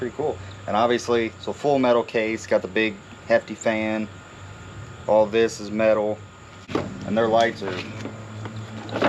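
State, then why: Seated. An LED headlight bulb with a full metal case, big fan and an O-ring on its metal base is twisted into the headlight housing socket of a 2007 Chevy Tahoe while someone talks. It locks with a good solid click at 8.5 s, and a second faint click follows at 8.9 s.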